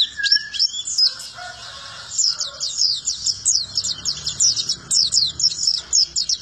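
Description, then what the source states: White-eye song: a few high and lower notes at the start, then rapid high twittering chirps in quick bursts fill the rest. Melodious, long song.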